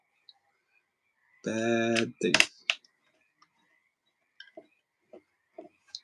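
A torque-limiting screwdriver drives a screw into a plastic laptop case during reassembly after a RAM swap, set to click so the plastic is not stripped. Someone talks, and a sharp click at 2.7 s shows the driver reached its torque setting, followed by a few faint ticks and more talking.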